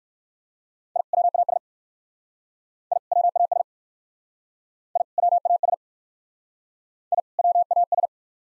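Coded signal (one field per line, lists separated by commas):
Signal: Morse code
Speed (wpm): 55 wpm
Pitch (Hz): 700 Hz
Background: none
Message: I WAS I WAS I WAS I WAS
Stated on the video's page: Speed-racing practice drill of two-word sets, starting at 45 wpm and slowing to a base speed, final repeat sent once at maximum speed.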